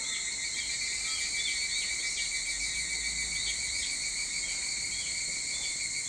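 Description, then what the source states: Evening cicada chorus, shrill high-pitched ringing that holds steady, with soft wavering pulses riding on top. Recorded 22 July 2023 at 04:40.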